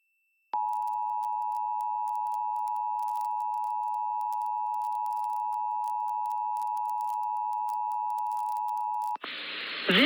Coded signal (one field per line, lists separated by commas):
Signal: Emergency Alert System (SAME) tones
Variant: 853 and 960 Hz attention tone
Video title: EAS #50-51: Ohio December 2022 RMT on WTOV & West Virginia Child Abduction Emergency